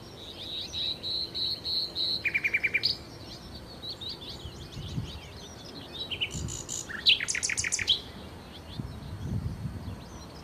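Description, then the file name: Common nightingale singing varied phrases: a series of thin high notes, a quick rattling burst, then high fluting notes and a fast repeated trill. "Nachtigall"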